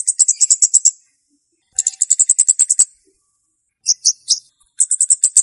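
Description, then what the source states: Flowerpecker song: rapid, very high ticking trills in bursts about a second long, with a group of short upswept notes between them. Song used as a lure for trapping birds; Indonesian name Cabe-cabean, also called Kemade.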